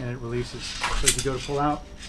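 Someone talks while handling an Arva avalanche probe, pulling its sections toward taut so the mechanical locking device on the probe cord can engage, with faint metallic clinks of handling under the voice. The clip ends before the lock goes home; nothing has clicked into place yet.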